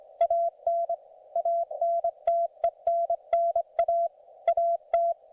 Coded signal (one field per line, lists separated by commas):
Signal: Morse code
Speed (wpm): 25 wpm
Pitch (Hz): 690 Hz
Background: none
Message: AN ANTENNA AT